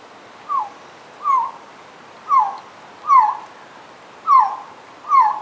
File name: Resplendent quetzal